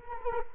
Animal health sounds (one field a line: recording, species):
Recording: mosquito wingbeat signal from an infrared sensor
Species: Culex quinquefasciatus